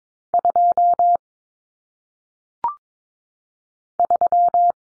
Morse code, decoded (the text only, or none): 2 3